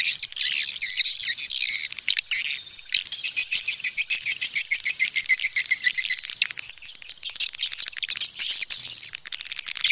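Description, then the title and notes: Swiftlets twitter at first, then give a fast run of sharp, evenly pulsed clicks, about three per second, before the chatter returns. Swiftlet sound used for swiftlet farming in Asia. "Swiflet Bird Sound. Farming Swiflet Bird asia sound"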